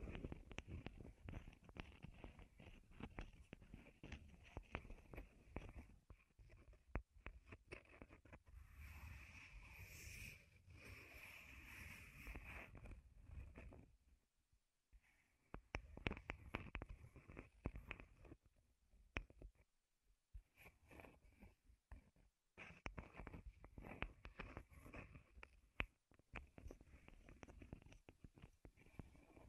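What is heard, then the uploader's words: Wood triggers: close, busy tapping, scratching and knocking on wood, dense clicks crowding the first six seconds. Around 8–13 seconds comes a softer, steadier brushing texture, then near-silence at about 14 and 20 seconds, before scattered taps and scrapes resume to the end. ASMR Wood Triggers in Your Ears (No Talking).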